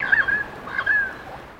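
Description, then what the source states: Pied currawong call: two short, roughly level whistled notes over faint hiss. Australian bird.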